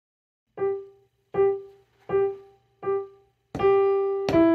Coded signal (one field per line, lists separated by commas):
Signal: none